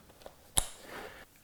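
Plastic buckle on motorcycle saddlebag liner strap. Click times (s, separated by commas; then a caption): 0.6 s. A plastic buckle on the strap of a saddlebag liner for a 2025 BMW GS1300 is clipped shut on the second side of the liner. After two faint ticks near 0.2 and 0.3 s, a single loud, sharp snap rings out at 0.6 s, followed by a soft rustle that fades around 1.2 s. The buckle is fully closed and seated.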